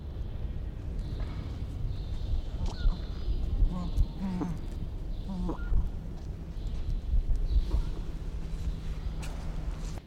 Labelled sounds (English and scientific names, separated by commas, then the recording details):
Elegant Crested Tinamou (Eudromia elegans)
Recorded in captivity
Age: adult
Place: Zoo Berlin, Berlin, DE
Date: 1994-04-02 13:10
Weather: wolkig bis heiter, 8-10°C
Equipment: Marantz CP 430, Sennheiser ME 80, Kopie Uher Variocord 263
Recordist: Tembrock, Günter
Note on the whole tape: 2 Tiere: diverse Lautformen